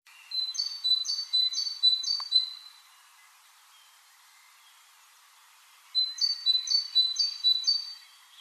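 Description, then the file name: Great tit song: two runs of four ringing two-note phrases separated by a long pause, with a single sharp click between them and faint background calls. "Parus major"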